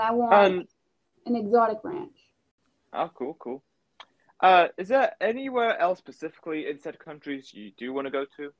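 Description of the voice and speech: Relaxed, fluent conversational speech between adults with ordinary voice quality and natural pauses, asking about travel plans.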